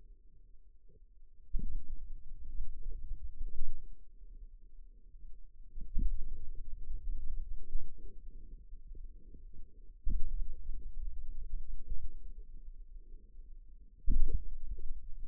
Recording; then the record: forearm muscle sounds (acoustic myography)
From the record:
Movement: finger pinch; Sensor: system 2, bracelet of six BSWA MPA416 microphones around the upper forearm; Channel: 5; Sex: male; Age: 22 years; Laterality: right